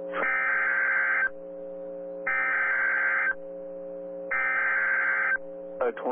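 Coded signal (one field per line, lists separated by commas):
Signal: Emergency Alert System (SAME) tones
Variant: header bursts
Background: speech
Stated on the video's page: Tornado warnings received on NOAA Weather Radio.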